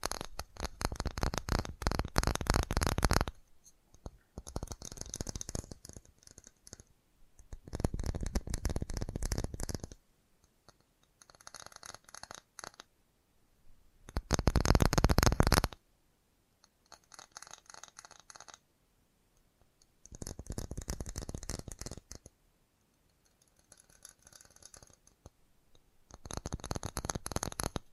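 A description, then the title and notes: Fast tapping comes in rapid bursts of sharp, crisp clicks that run together into a dense rattle. Louder runs of two to three seconds, near the start, middle and end, alternate with softer, sparser tapping, and brief silences fall between the groups. FAST TAPPING (No Talking).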